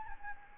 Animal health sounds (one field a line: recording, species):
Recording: mosquito wingbeat signal from an infrared sensor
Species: Anopheles gambiae